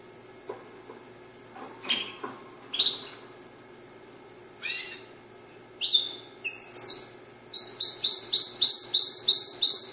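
Dutch canary song: scattered chirps and notes that build into a quick run of several bright, repeated descending whistled notes near the end.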